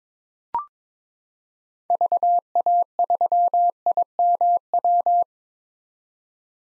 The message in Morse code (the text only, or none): VA3IMW